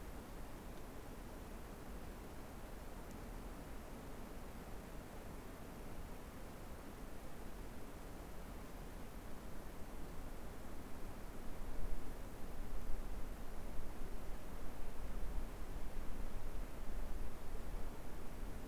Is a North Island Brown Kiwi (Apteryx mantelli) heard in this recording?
no